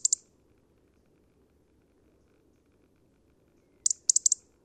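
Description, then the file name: European robin, two sharp high ticks, a quiet stretch, then a brisk run of several ticking notes. "Erithacus rubecula"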